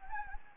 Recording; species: mosquito wingbeat signal from an infrared sensor; Anopheles gambiae